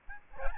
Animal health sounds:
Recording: mosquito wingbeat signal from an infrared sensor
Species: Aedes albopictus

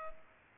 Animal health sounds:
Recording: mosquito wingbeat signal from an infrared sensor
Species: Culex pipiens

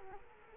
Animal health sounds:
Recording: mosquito wingbeat signal from an infrared sensor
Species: Culex quinquefasciatus

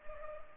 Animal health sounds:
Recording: mosquito wingbeat signal from an infrared sensor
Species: Culex pipiens

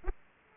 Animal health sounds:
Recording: mosquito wingbeat signal from an infrared sensor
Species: Aedes aegypti

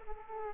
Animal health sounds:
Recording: mosquito wingbeat signal from an infrared sensor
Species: Aedes aegypti

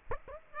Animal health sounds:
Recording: mosquito wingbeat signal from an infrared sensor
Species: Aedes aegypti

